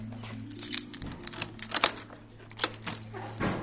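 An engineer unlocks the door to the multipurpose hall at TU Hamburg-Harburg's Institute of Mechanics and Ocean Engineering: a key rattles and turns in the lock, producing a run of sharp metallic clicks and jingles over a steady low hum, with no voices.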